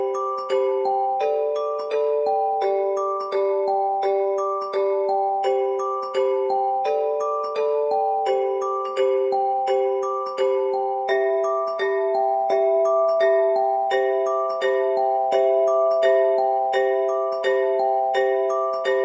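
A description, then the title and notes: Bells of a crystal jar ring in a steady, even pattern, each clear strike following the last about every half second. Bright overlapping tones shift slightly as notes change, sustaining and blending into a continuous shimmer. Clean, without background noise. 5Elements - Presets - Bells - Crystal Jar 2.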